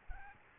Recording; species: mosquito wingbeat signal from an infrared sensor; Aedes albopictus